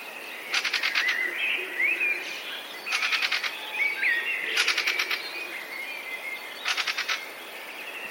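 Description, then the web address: Fieldfare giving rapid, rattling bursts of harsh notes, with squeaky wheezing notes between them. "wroblowe kolekcja turdus pilaris"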